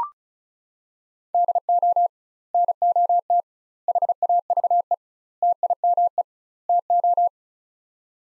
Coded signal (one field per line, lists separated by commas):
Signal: Morse code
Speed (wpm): 36 wpm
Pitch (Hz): 700 Hz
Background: none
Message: DO NOT HAVE TIME TO